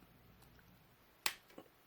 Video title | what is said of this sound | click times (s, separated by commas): Wallgreens Megatron and Starscream - ArcNeo Reviews | get hold of the head and just pull it up till it clicks | 1.3 s